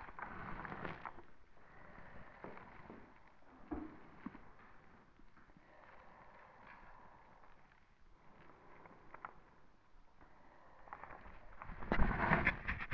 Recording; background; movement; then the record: deep breathing; quiet; sitting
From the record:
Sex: female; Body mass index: 36.4 kg/m2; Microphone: on the chest, facing the body